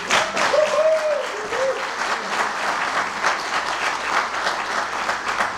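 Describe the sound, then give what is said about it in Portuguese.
An audience breaks into steady applause, many hands clapping in a dense, continuous patter that holds at an even loudness for several seconds, with a brief vocal whoop or tone rising early on. “Por isso eu acho que nós também merecemos um pequenino aplauso também.”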